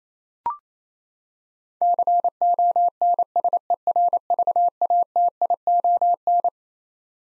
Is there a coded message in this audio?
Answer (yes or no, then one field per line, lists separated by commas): yes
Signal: Morse code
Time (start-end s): 1.8-6.5 s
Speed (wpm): 28 wpm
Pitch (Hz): 700 Hz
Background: none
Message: CONSERVATION